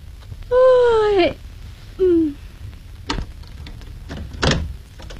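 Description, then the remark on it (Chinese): A door swings open with a long, high creak from its hinges that bends downward in pitch, then a shorter squeak, followed by two sharp latch-like clicks against a low background hum. From the Chinese film Dragon Year Cop (龙年警官): the door of Zhang Dawei's home, late at night. “开门吧。”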